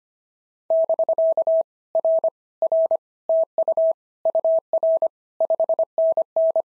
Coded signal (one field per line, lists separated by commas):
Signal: Morse code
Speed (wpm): 25 wpm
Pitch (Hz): 650 Hz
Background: none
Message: <BK> R R TU UR 5NN